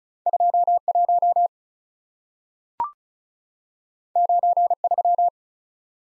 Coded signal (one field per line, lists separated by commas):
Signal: Morse code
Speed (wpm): 36 wpm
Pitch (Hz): 700 Hz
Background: none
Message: 2 1 9 3